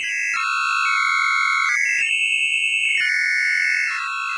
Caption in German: Ein bestimmter Typ des Differenztons, den man hört, wenn zwei hohe Frequenzen aufeinandertreffen. Dieses Phänomen nennt man otoakustische Emissionen. Ein Differenzton ist rein rechnerisch übrigens immer die Differenzfrequenz der zwei Ausgangsfrequenzen. Wenn man zwei dieser Töne mit unterschiedlichen Frequenzen kombiniert, tauchen Differenztöne auf, die nicht in der Luft im Raum entstehen, sondern erst in unseren Ohren. Mehr noch, sie werden von unseren Ohren erzeugt.